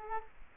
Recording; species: mosquito wingbeat signal from an infrared sensor; Culex quinquefasciatus